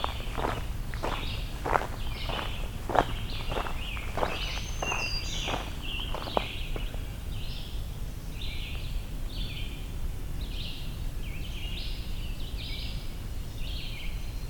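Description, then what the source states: Scarlet Tanager song: hoarse, burry short phrases repeated in a steady series throughout, with loud crunching footsteps on a trail over the first half. Singing up ahead along the trail on a hike to Hector Falls, in large deciduous forest.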